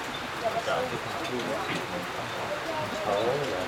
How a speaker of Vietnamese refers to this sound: Mưa.